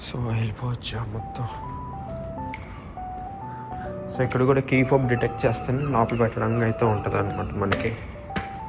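A door latch and the strike plate of an apartment entrance door are handled, with no latch catch yet. Someone talks over background music, with brief sharp sounds near 2.5 s and 8.4 s. Nothing has seated or clicked yet.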